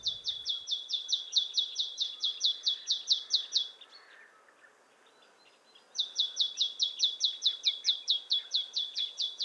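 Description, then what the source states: Marsh Tit song: two bursts of rapid, evenly repeated high notes separated by a short pause. Surprising little song; morning, February 2020, 1500 m on Montagne du Puy, Drôme, France, mixed conifer and oak forest; Nagra Seven with Telinga Pro7 stereo.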